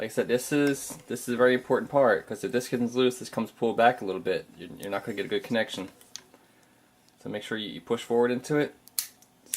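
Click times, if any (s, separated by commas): 9.0 s, 9.5 s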